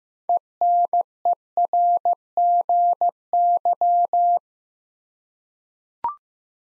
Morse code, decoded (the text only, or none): ENERGY